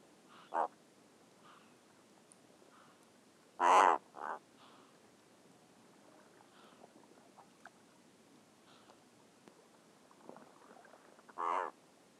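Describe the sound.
Razorbill uttering scattered rasping croaks, one loud growl early on followed by a shorter one, with fainter similar calls around.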